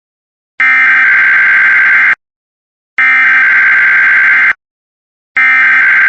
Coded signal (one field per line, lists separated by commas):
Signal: Emergency Alert System (SAME) tones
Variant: header bursts